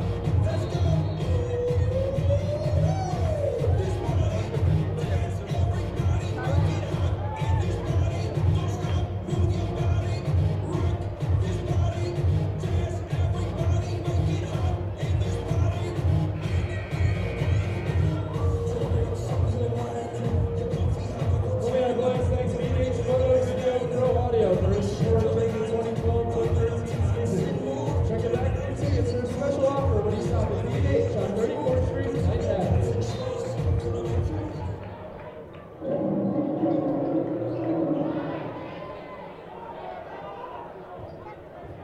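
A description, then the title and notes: A basketball game fills the clip with a dense, constant crowd roar, many voices close together and a loud announcer's voice rising over them. A brief bright tone rings out around seventeen seconds. Near thirty-five seconds the noise drops and thins into quieter chatter. A stereo recording of a basketball game, about 7 minutes. Plenty of cheering, defense and announcing and whistles.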